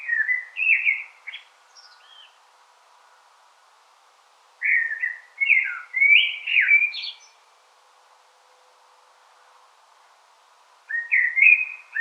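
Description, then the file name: Common blackbird song: rich whistled phrases with squeaky high flourishes, repeated three times with pauses of several seconds between them. "Turdus merula"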